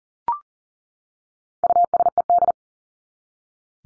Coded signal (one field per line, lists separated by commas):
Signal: Morse code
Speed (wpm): 40 wpm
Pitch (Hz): 700 Hz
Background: none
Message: USED